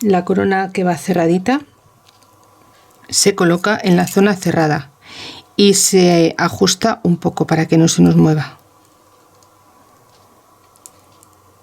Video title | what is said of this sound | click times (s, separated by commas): Vestido fácil para muñecas Patrones Gratis 🧵 ✂️🧵 | we hear a click that and give us some idea | 10.9 s